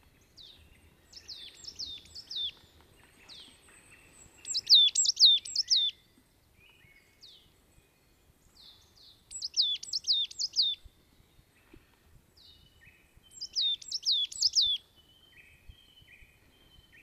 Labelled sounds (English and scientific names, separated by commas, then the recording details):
Marsh Tit (Poecile palustris) song
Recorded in the wild
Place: Kaiserslautern, Rheinland-Pfalz, DE
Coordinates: 49.4266, 7.7795
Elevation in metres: 295
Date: 1977-03-12
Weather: cloudy, cool
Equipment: Nagra IV, Sennheiser MKH 405, Parabolreflektor
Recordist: Tretzel, Erwin